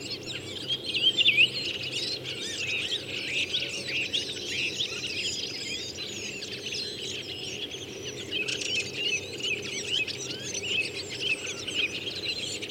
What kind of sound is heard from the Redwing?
song